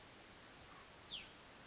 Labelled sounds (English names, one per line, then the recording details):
Hutton's Vireo
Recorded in Sonoma County, California